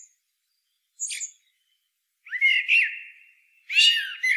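Common blackbird singing: one thin, high squeak, then a rich warbled phrase trailing into a hiss, and a final loud, slurred phrase with squeaky edges.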